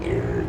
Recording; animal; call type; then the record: contact call of a hoofed animal; pig; closed-mouth grunt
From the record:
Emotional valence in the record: negative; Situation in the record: short social isolation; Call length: 0.49 s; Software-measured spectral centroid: 1250 Hz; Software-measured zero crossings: 870 a second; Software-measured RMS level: -24 dBFS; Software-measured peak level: -10 dBFS